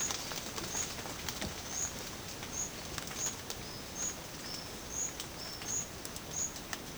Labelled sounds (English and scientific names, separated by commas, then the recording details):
none
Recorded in secondary vegetation near Puerto Asís, Putumayo, Colombia, on 30 June 2025 at 12:30
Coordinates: 0.500, -76.326
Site GP08